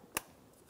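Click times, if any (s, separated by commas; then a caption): 0.2 s. A wiring harness electrical connector is pushed onto the mass air flow (MAF) sensor of a 2007-2017 Ford Expedition, with its red locking tab still to be pushed in to lock it. A single sharp click at 0.2 s stands out against a quiet background, and a faint soft sound follows near 0.7 s. The connector is seated.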